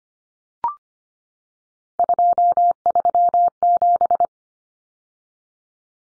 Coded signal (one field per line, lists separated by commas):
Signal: Morse code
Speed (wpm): 25 wpm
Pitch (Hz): 700 Hz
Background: none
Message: 237